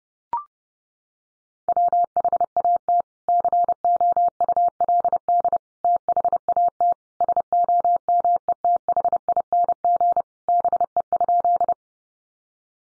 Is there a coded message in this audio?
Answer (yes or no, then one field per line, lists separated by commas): yes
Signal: Morse code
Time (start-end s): 1.7-11.7 s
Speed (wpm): 30 wpm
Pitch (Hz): 700 Hz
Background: none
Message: WHAT COULD THAT SOMETHING BE?